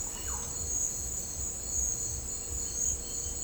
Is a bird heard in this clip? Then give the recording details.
yes. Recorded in dense forest near Puerto Asís, Putumayo, Colombia, on 22 December 2024 at 09:30. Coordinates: 0.500, -76.322. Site G053